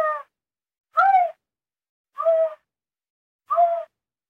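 Bobcat giving four short, tonal calls, each under half a second, about one to one and a half seconds apart.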